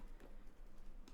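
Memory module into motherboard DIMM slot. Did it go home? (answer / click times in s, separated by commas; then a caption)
no / none. A memory module (RAM stick) is handled and pressed toward a motherboard DIMM slot, producing light, scattered tapping and rustling with a short sharp tick near 1.1 s. Nothing has seated or clicked yet.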